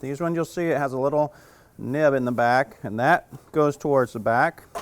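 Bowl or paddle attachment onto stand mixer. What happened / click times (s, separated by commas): Handled, not yet home: no seating click heard / none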